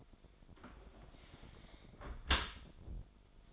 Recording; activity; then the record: daily activity, microphone in the room; close dishwasher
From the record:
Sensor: 5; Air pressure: 1003.2 hPa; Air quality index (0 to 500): 130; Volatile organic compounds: 1 ppm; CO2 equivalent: 949 ppm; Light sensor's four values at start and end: 125/306/126/148 and 109/264/110/127